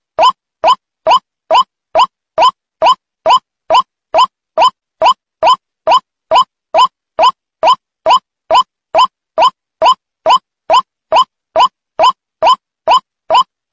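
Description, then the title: White-breasted waterhen call: one short, hollow note repeated evenly a little over twice a second throughout, with clean silence between notes. Lure recording used to attract the bird. "Pikat Ruak Ruak"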